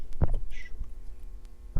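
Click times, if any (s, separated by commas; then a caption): none. The short end of a return spring is being handled into its hole in the metal body of a Shimano Exage M450 mountain/trail/ES bicycle rear derailleur, giving a sharp tap near 0.2 s, a softer one near 0.3 s, a brief hiss around 0.6 s, and another tap at the very end. Nothing has seated or clicked yet.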